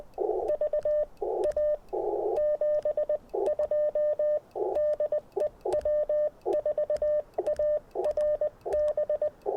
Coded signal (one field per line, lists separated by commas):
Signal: Morse code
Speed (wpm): 20 wpm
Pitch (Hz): 590 Hz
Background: radio noise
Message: VA 72 DE W4ARB